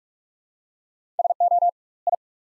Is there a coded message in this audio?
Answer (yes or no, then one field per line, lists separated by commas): yes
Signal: Morse code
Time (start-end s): 1.2-2.1 s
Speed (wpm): 47 wpm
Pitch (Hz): 700 Hz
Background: none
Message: SO I